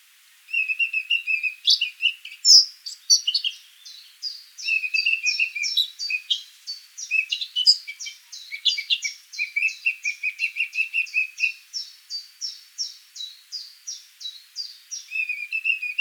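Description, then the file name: Eurasian blackcap song: a continuous high scratchy warble mixed with rapid repeated notes and a low buzzy trill, running for the whole stretch. "Sylvia atricapilla"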